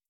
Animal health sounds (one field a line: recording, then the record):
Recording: hydrophone in a shrimp aquaculture tank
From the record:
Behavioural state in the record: starved